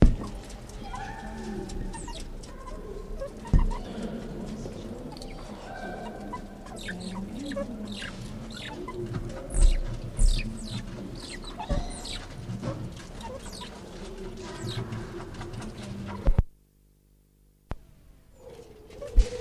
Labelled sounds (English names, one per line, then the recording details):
Banded Mongoose call
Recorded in captivity
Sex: group
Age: diverse
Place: Zoo Berlin, Berlin, DE
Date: 1959-11-01 12:00
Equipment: Reporter (Vollspur)
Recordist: Tembrock, Günter